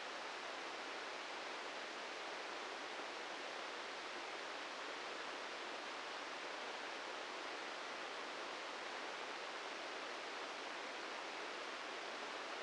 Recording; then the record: brain microelectrode recording played as sound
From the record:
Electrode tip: inside the subthalamic nucleus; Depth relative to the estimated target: -3 mm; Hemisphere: right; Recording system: NeuroSet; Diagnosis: Parkinson's disease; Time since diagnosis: 13 years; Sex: male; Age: 65 years